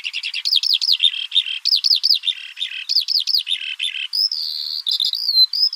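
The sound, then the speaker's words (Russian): A Eurasian skylark, at a time when skylarks are actively dividing territories, sings a fast, continuous stream of high chirps and rolling warbled trills, repeating looping phrases before shifting to sustained buzzy notes, loud and unbroken with no voices. “И сейчас жаворонки полевые у нас очень активно делят территории.”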